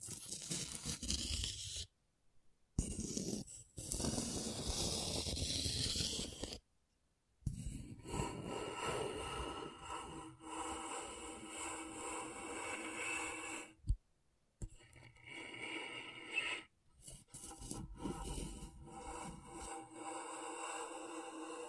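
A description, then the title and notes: Scratching and scraping on a scratchboard, a dense, rough rasp that runs in strokes broken by sudden silences near 2, 7 and 14 seconds. The first stretch is loud and bright; after 7 seconds the scratching grows quieter and more tonal, with ringing squeaky lines. ASMR Brain Tingling Scratchboard (No Talking).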